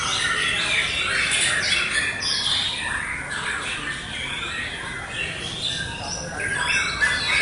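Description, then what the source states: White-rumped shama song, a dense run of varied whistles and chirps, many notes overlapping in quick succession with slight pauses, over a steady background hiss. Wild bird in forest; presented as its original, natural song.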